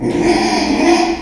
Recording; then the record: squeal of a Yucatan mini pig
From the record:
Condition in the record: after surgery on the right vocal fold (resection and tissue-engineered implant); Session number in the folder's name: 2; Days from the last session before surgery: 13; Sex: male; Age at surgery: 12 weeks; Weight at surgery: 13 kg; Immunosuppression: cyclosporine, prednisolone